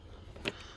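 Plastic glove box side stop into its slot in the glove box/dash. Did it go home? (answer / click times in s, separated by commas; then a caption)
yes / 0.5 s. A small plastic glove box side stop on a 2024-2026 Toyota Grand Highlander is slid into its slot in the glove box/dash over a low steady hum. A single sharp click at 0.5 s marks the stop locking into place, seated.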